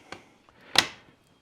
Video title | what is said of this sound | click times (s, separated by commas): Karabinek MINI Beryl - Fabryka Broni "Łucznik"-Radom | Ale tu akurat zatrzasnął się całkiem ładnie. | 0.8 s